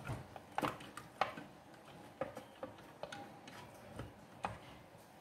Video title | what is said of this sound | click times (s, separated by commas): Ferro de passar black decker ceramic gliss não liga, aprenda desmontar, fazer os testes e concertar | ó, encaixou. Encaixou certinho, só tá colocando agora os parafusos. | 0.6 s, 1.2 s